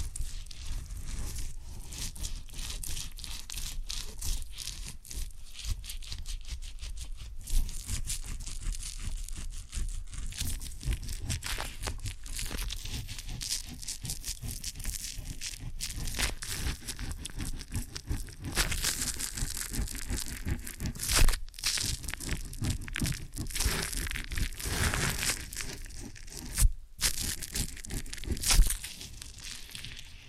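Ear and scalp massage sounds: dense, continuous rubbing and crinkling with a papery, scratchy texture, bright and hissy in the highs. The scraping rustles keep coming in quick bursts, with brief dropouts near 21 and 27 seconds and a louder crackle around 28 seconds.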